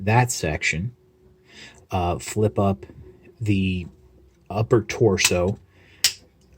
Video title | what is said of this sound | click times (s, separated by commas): Shinkalion Z E6 N'EX | That will click into place. | 6.0 s